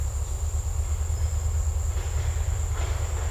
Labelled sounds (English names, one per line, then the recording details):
none
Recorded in secondary vegetation near Puerto Asís, Putumayo, Colombia, on 20 December 2024 at 16:30
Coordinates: 0.468, -76.324
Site G095